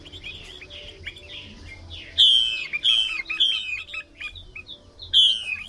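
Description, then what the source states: Chinese hwamei song, with soft warbling that turns into loud downslurred whistles repeated several times, separated by twittering notes. Female hwamei singing.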